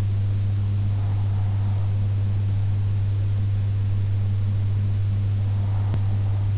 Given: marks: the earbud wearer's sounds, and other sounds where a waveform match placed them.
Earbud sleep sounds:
sounds in sleep by an in-ear microphone; breath
0.59-2.59 s: breath
5.26-6.58 s: breath

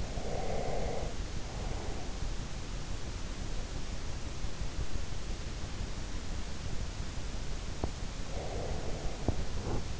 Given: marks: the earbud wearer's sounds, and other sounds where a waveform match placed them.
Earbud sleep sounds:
sounds in sleep by an in-ear microphone; breath
0.00-2.31 s: breath
8.34-9.21 s: breath

